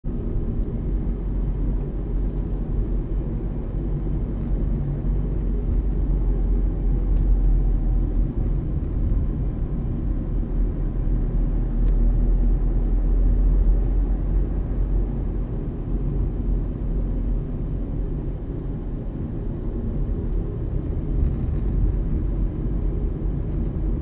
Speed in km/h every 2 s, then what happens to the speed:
35, 36, 33, 31, 30, 31, 34, 34, 34, 35, 35, 35.
0-24 steady at about 34.